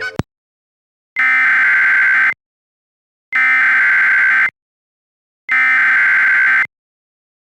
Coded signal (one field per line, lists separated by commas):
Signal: Emergency Alert System (SAME) tones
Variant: header bursts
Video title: EAS Mock: The St Louis Arsons.